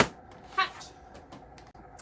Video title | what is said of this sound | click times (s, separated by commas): Brother MFC L-3750CDW - How To Clear and Avoid Paper Jams - Onyx | so you'll shut those make sure it's clicked back in shut your hat | 0.0 s